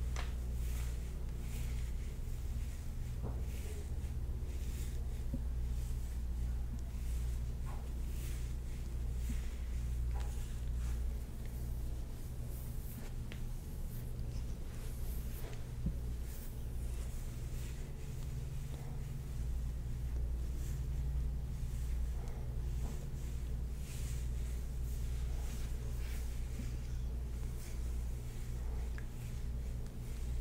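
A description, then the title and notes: A scalp and shoulder massage with frequent soft rustles and brushing touches throughout, over a constant low, droning hum. ASMR Real Person Scalp & Shoulder Massage.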